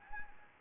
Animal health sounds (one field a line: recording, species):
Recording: mosquito wingbeat signal from an infrared sensor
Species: Anopheles gambiae